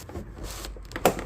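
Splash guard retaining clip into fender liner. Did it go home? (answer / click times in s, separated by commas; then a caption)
yes / 1.1 s. A second plastic push clip on the splash guard of a 2024 Mazda CX-90 is pressed home into the fender liner. A few faint taps and scrapes lead up to one sharp, bright click at 1.1 s, and the clip is confirmed seated.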